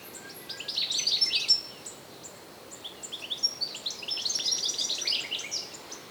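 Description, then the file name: European goldfinch giving liquid, twittering calls in two quick rambling phrases, high and chirpy with thin buzzy notes mixed in. "Carduelis carduelis"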